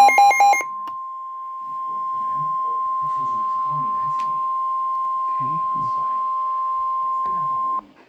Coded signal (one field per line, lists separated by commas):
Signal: Emergency Alert System (SAME) tones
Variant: 1050 Hz attention tone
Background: speech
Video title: #eas #827: ##special #marine #warning #smw-w #waterspout #noaaradio